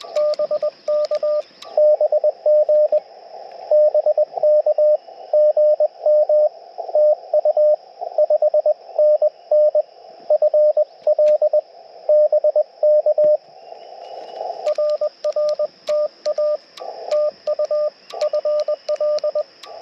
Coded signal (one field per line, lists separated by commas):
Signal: Morse code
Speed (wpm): 21 wpm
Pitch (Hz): 600 Hz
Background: radio noise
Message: BK BG BK GM TU 5NN FL BK RRTA TU FL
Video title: POTA with Chameleon MPAS Lite & Yaesu FT-891 - 6/12/23 @ K-3684